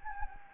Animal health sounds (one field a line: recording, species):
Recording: mosquito wingbeat signal from an infrared sensor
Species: Anopheles gambiae